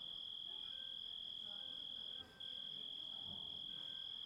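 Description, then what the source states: Grasshopper stridulation as a steady, high, pure-toned buzz held almost unbroken, with one short pause near the middle. Composite recording of grasshopper sounds.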